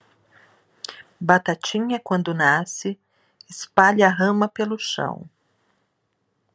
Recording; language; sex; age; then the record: short text; Brazilian Portuguese; female; 50 to 59 years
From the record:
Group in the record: control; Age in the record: 54 years